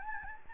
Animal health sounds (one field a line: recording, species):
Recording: mosquito wingbeat signal from an infrared sensor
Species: Anopheles gambiae